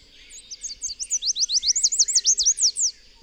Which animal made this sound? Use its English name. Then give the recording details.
Chestnut-capped Warbler. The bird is a male. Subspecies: delattrii. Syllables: 17. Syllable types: 10. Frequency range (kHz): 3.3-9.2 kHz. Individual FV-D12-M